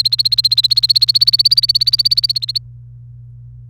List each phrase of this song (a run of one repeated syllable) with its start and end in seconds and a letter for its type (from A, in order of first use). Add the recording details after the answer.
0.00-2.58 A. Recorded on 28 April 2018 at 11:20. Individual llb3